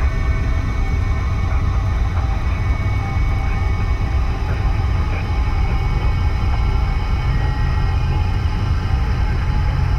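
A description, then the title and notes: An arctic vessel's engine idles with a steady, dense rumble that stays heavy in the low end for the whole stretch. Faint fixed tones hum above it, and small scattered ticks and cracks surface now and then in the background. This track started with a small section of a very large environmental sample featuring the sounds of an arctic vessel’s engine idling along with the sounds of occasional cracking ice in the background. I’m fairly certain the ship is a Norwegian Research and Expedition Vessel named the RV Lance.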